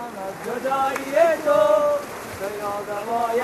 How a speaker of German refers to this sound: Schnell fließendes Wasser in einer engen Klamm. Tausende Menschen ergießen sich nach und nach in die Washi-Schlucht und warten in Turnschuhen und langen Hosen durch das kalte Wasser, das ihnen stellenweise bis zu den Oberschenkeln reicht.